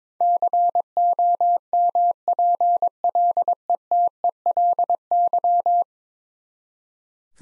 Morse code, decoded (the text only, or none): COMPLETELY